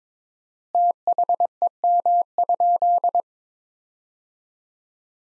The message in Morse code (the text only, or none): THEM?